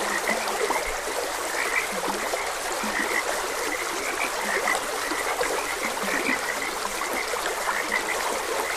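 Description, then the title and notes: Frog croaks pulse without pause from many callers, some lower notes standing out, set against gently rushing stream water. Frogs croaking beside a gentle stream. "Gentle Stream and Frogs Croaking. Sleep and Relaxation Podcast"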